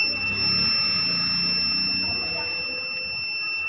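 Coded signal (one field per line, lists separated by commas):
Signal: beep code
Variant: Luminous inverter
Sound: one unbroken high-pitched beep at about 2.7 kHz lasting the whole clip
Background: low background rumble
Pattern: 1 continuous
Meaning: Continuous beep indicates the inverter is not sensing mains power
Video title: Luminous eco Watt 850va continue beep sound and No main sensing problem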